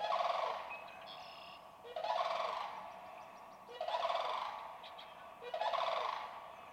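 Sandhill crane rolling, trumpeting rattle calls repeated about every two seconds, four calls in all.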